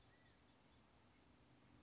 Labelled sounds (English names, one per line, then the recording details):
California Quail
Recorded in Sonoma County, California